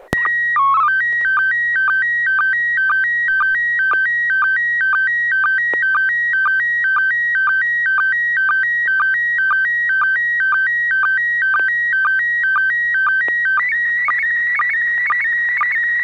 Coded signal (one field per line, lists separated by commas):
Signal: SSTV (slow-scan television)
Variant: PD 120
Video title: N6NA SSTV Net - 12/28/2022